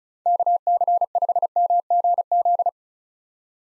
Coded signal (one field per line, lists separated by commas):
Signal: Morse code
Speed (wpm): 47 wpm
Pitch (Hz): 700 Hz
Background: none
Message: KC5MGZ